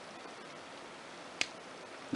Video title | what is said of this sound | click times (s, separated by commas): SHEAFFER PFM Mk IV PEN AND PENCIL SET | there we go so I hope you heard that little clicking noise there you can see the snel | 1.4 s